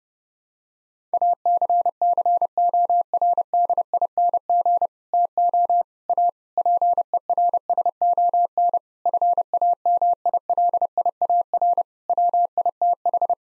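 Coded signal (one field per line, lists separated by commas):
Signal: Morse code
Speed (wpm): 31 wpm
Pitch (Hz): 700 Hz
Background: none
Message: ACCORDING TO A PERSON FAMILIAR WITH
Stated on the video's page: Morse head-copy drill of seven-word common phrases at 30 wpm, each set sent, spoken, then sent again.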